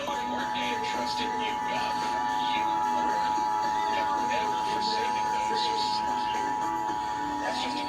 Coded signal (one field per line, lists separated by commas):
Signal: Emergency Alert System (SAME) tones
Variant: 853 and 960 Hz attention tone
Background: speech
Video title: Severe Thunderstorm Warning on KTXD-TV 47 (EAS #46)